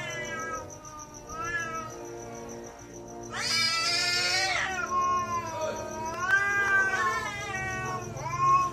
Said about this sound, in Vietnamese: Văng vẳng đâu đây tiếng mèo gào suốt đêm, những tiếng kêu thê thảm đến rợn người.